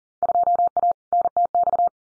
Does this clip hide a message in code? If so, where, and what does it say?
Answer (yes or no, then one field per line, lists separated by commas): yes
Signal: Morse code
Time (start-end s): 0.2-1.9 s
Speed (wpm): 37 wpm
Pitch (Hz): 700 Hz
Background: none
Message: 2A NTX